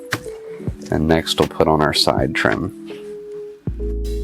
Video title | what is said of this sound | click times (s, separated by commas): How to install CarPlay Android Auto to Lexus IS 200t 250 300 350 F 2017 2018 2019 2020 - VLine LEX9L | and then it should just set down and click into place like that | 0.1 s